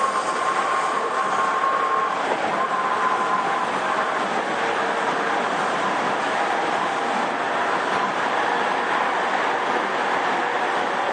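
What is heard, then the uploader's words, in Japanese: A JR East 231 series train running between Ito and Yokohama gives a steady, dense rumble and rushing roar for the whole clip, holding an even level throughout. A thin whining tone rises faintly near the start, then fades after about two seconds. JRE231系 伊東〜横浜。区間は伊東線→東海道線です。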